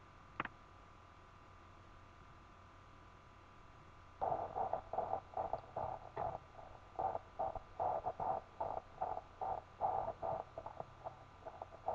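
After a quiet start, rapid regular whooshing pulses, about 150 a minute: a fetal heartbeat on Doppler ultrasound at about 14 weeks of pregnancy, faint as replayed through a mobile phone.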